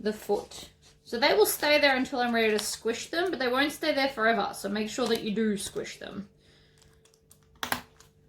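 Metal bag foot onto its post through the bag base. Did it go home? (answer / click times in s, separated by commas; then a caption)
yes / 7.6 s. Someone talks while a metal bag foot is pushed onto its post through the base of a bowler bag. After the talking stops, a sharp click at 7.6 s marks the foot seating onto its post.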